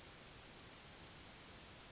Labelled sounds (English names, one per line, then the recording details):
Yellowhammer song
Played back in grassland
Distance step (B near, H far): C
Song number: 021